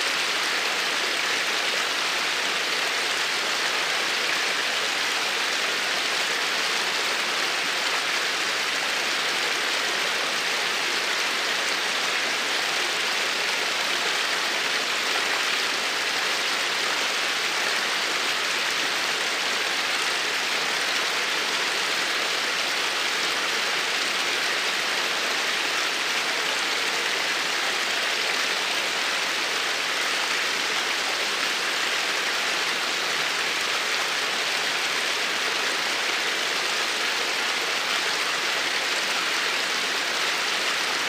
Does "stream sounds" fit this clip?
yes